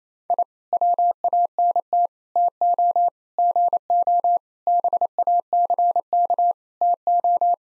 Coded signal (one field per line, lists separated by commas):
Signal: Morse code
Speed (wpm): 28 wpm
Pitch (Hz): 700 Hz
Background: none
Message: I WANT TO GO BACK TO